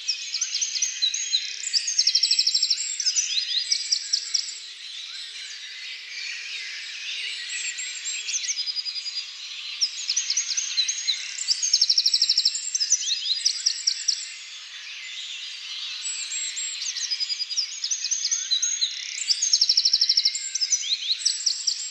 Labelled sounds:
Eurasian Wren song
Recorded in the wild
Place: Lilienhof / Kaiserstuhl, Baden-Württemberg, DE
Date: 2000-04-16
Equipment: MiniDisc Sharp MT 20 H
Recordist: Schwarz, Dieter

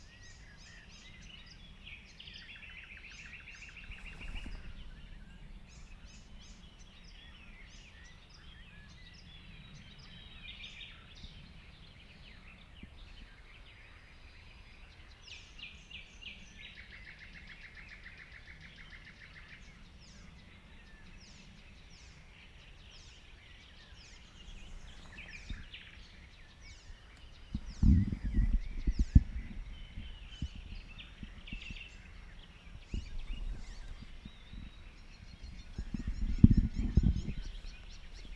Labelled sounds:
Barred Warbler song
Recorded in the wild
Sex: male
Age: adult
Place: Hobrechtsfelder Rieselfelder, Naturpark Barnim, Berlin, DE
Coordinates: 52.6664, 13.4703
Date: 2009-05-21
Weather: fair, ca. 15°C, no wind
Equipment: Sound Devices 702, Sennheiser MKH 70, Rycote Windschutz
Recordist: Frommolt, Karl-Heinz

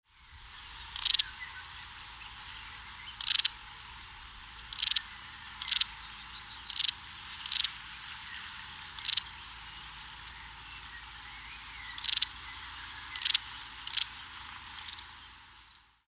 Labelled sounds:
Long-tailed Tit
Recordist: Tembrock, Günter
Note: Rufe

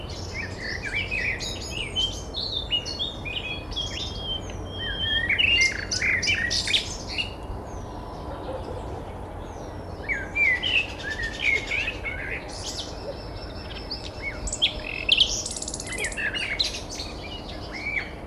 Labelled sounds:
Common Nightingale song
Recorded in the wild
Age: adult
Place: Malchower Aue, Berlin, DE
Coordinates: 52.5808, 13.4886
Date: 1990-04-20 19:44
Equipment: Riporter 6 RG-K, Halbspur, Sennheiser MKH 416 T
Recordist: Frommolt, Karl-Heinz

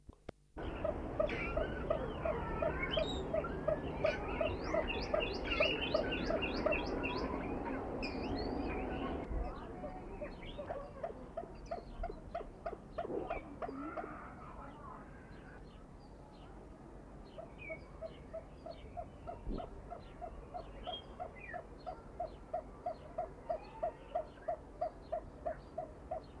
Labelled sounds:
Gough Moorhen call
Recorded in captivity
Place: Zoo Basel, CH
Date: 1977-06-13
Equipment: Halbspur, 9,5 cm/s
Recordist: Lütgens, Hans
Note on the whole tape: Weibchen auf dem Nest

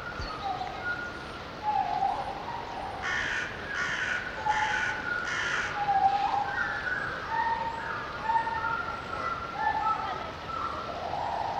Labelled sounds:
Pileated Gibbon
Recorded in captivity
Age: adult
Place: Zoo Berlin, Berlin, DE
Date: 1987-11-21 10:27
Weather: leicht bewölkt, 1-3°C
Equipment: 19 cm Stereo
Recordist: Tembrock, Günter
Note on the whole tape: Laute (aus dem Haus)

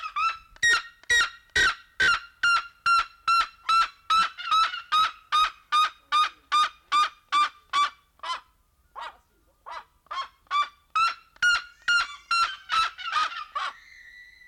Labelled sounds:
Red-legged Seriema call
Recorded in captivity
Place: Zoo Berlin, Berlin, DE
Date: 1992-08-01 11:50
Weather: sonnig, 24-26°C
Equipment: Marantz CP 430, Sennheiser ME 80, Kopie Tesla B 116
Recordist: Tembrock, Günter

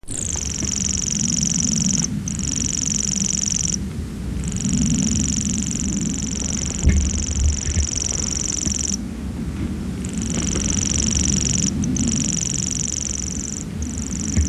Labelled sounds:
Common Grasshopper Warbler song
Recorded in the wild
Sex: male
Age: adult
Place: Putbus, Insel Rügen, Mecklenburg-Vorpommern, DE
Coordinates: 54.3511, 13.4736
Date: 1979-06-27 21:31
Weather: ca. 15°C
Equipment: ITT Schaub-Lorenz Studio Recorder 72, Verstärker, MD 421 HL, Reflektor, Kopie Uher 4200 Report
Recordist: Tembrock, Günter

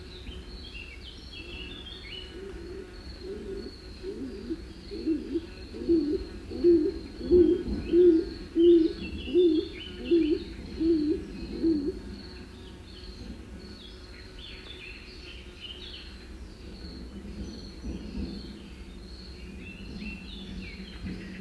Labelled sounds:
Stock Dove call
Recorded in the wild
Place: Ciucurova, Dobrogea, RO
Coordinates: 44.933, 28.483
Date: 1976-05-30 07:10
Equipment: Nagra III BH, Sennheiser MD 21, parabola
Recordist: Schubert, Michael
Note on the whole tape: Rufe von Hohltauben

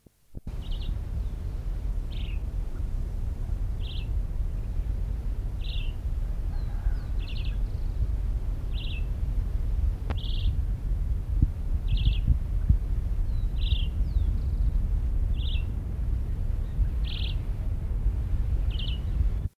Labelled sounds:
Red-eyed Vireo call
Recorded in the wild
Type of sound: call
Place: Buenos Aires, AR
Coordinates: -34.28, -58.58
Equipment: Halbspur, 9,5 cm/s
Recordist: Lütgens, Hans
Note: Nördlich Buenos Aires: Rufe

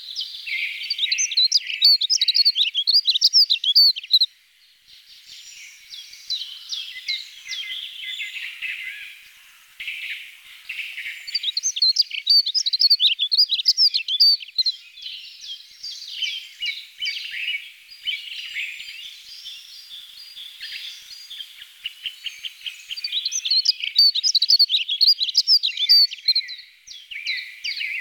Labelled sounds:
Dunnock song
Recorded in the wild
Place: Lilienhof / Kaiserstuhl, Baden-Württemberg, DE
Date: 1989-03-26
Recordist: Schwarz, Dieter
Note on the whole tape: Song

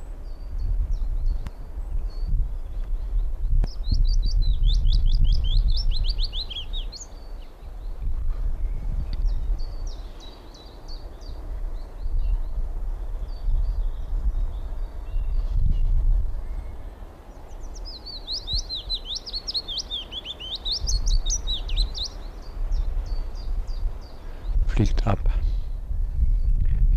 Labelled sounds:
Willow Warbler song
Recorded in the wild
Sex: male
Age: adult
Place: Summt, Brandenburg, DE
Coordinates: 52.6903, 13.3625
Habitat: garden
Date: 1991-04-13 14:45
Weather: sunny, 18 °C
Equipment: Marantz, Sennheiser ME 80, Kopie Tesla B 116
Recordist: Tembrock, Günter

